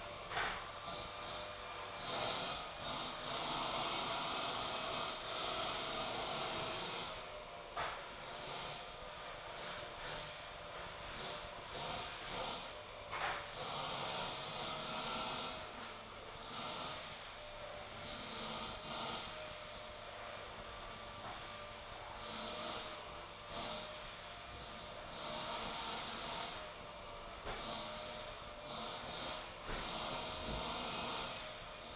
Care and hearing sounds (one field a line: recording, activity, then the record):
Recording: daily activity, microphone in the room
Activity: vacuum cleaning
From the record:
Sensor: 5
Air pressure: 1009.7 hPa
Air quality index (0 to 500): 167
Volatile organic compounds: 4 ppm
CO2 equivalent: 1619 ppm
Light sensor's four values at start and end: 110/288/118/126 and 109/287/118/126